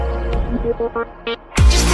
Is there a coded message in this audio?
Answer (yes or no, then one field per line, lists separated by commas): no